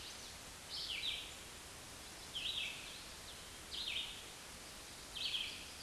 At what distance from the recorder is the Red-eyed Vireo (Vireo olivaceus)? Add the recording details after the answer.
about 10 m. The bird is about 5 m above the microphone. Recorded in a Pennsylvania forest on 16 May 2024 at 09:09. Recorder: AudioMoth, point MSD-2287. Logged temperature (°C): 11.2 °C. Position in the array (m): 150 m, 28 m